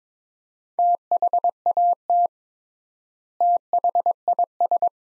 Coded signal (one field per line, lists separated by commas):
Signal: Morse code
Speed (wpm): 22 wpm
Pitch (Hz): 700 Hz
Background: none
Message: THAT THIS